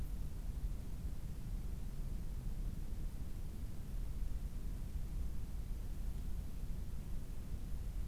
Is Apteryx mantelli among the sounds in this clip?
no